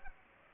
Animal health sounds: mosquito wingbeat signal from an infrared sensor; Culex pipiens

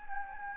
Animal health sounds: mosquito wingbeat signal from an infrared sensor; Anopheles gambiae

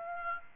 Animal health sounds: mosquito wingbeat signal from an infrared sensor; Aedes aegypti

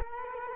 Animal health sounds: mosquito wingbeat signal from an infrared sensor; Culex quinquefasciatus

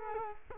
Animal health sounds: mosquito wingbeat signal from an infrared sensor; Culex quinquefasciatus

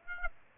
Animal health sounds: mosquito wingbeat signal from an infrared sensor; Aedes aegypti

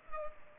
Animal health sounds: mosquito wingbeat signal from an infrared sensor; Culex pipiens

